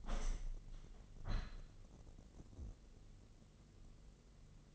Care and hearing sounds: daily activity, microphone in the room; open window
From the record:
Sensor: 4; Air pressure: 1013.2 hPa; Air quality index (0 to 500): 172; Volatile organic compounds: 2 ppm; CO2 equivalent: 1084 ppm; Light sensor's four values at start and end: 69/171/71/72 and 64/157/65/68

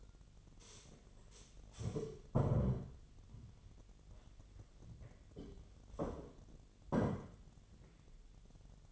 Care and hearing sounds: daily activity, microphone in the room; stand up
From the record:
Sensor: 4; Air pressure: 1008.7 hPa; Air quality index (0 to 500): 170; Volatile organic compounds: 5 ppm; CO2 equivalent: 1705 ppm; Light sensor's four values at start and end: 23/72/27/26 and 23/72/27/26

